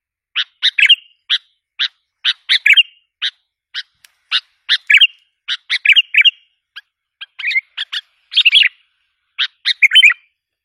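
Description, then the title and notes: Sooty-headed bulbul song: short chirps mixed with quick slurred whistles in a lively, chattering rhythm. "Kicau Burung Kutilang"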